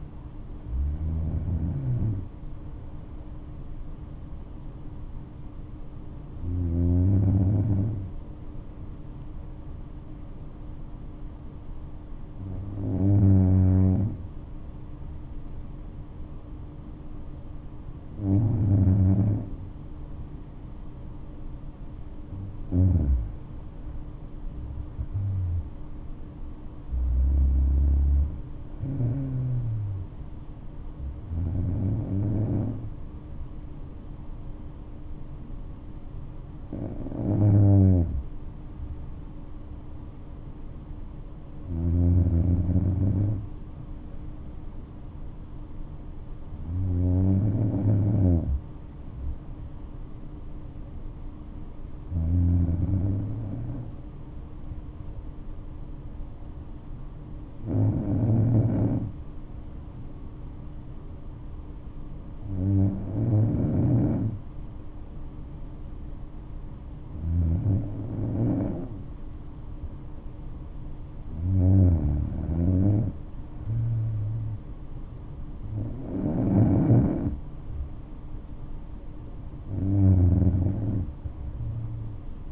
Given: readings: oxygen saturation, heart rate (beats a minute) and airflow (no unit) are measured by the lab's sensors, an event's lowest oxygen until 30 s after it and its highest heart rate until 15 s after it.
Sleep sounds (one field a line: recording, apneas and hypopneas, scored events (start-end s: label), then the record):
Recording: breathing in sleep by a smartphone at the bedside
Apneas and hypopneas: 1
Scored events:
42.00-68.20 s: hypopnea (N2, oxygen 96% highest, then 93% lowest, heart rate 60 at the start, 68 highest)
From the record:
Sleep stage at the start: N2 (light sleep)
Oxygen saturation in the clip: 92 to 97%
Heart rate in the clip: 59 to 71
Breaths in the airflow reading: 17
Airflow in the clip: -7.2 to 9.8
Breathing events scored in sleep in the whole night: 228 in 5.4 hours asleep